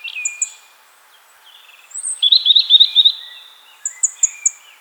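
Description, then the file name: European robin song: a thin sliding whistle, then a fast tinkling trill and high sweet notes, short phrases in quick succession. "Erithacus rubecula"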